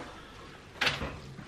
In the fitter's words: pull the right so you click it down like that and then it says